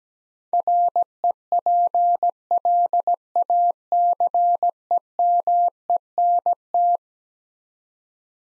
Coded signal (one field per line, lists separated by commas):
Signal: Morse code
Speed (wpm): 17 wpm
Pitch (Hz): 700 Hz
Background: none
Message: REPLACEMENT